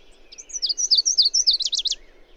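Bird song: one quick, high phrase of sliding whistled notes that runs into a rapid, buzzy trill before stopping.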